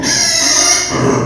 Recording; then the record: squeal of a Yucatan mini pig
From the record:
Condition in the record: before surgery on the right vocal fold (resection and tissue-engineered implant); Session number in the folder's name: 2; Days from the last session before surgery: 0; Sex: male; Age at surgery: 12 weeks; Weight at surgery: 13 kg